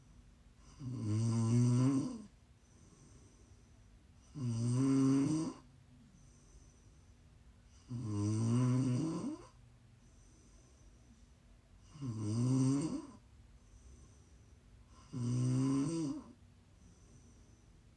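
Five loud, low rattling snores from an adult sleeper come on inhaled breaths, roughly 17 a minute, with quiet breathing between them.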